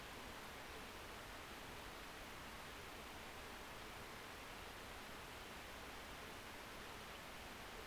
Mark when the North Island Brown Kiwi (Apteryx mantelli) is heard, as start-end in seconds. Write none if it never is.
none